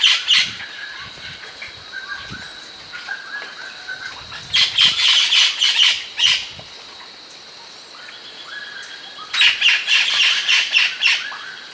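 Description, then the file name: Bird giving harsh, rasping squawks in three bursts, separated by quieter stretches with faint softer calls and a steady high hiss. "SABIOD 50 bird 2015"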